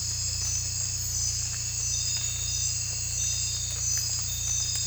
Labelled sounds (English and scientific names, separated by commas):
none